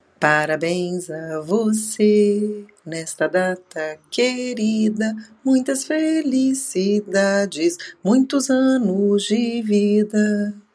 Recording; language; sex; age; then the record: short text; Brazilian Portuguese; female; 40 to 49 years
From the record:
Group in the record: control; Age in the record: 48 years